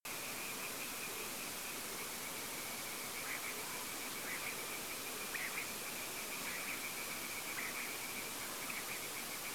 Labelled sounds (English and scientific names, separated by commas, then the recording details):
unidentified animal sound, Common Quail (Coturnix coturnix), unidentified sound
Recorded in France